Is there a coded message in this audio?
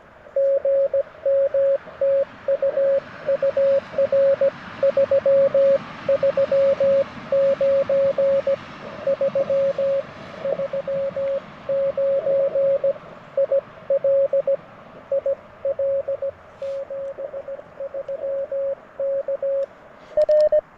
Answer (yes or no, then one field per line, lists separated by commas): yes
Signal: Morse code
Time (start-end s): 0.4-20.6 s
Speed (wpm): 19 wpm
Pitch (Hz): 590 Hz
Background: radio noise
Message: GM TU UR 339 339 IL IL 73 K R